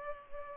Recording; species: mosquito wingbeat signal from an infrared sensor; Culex pipiens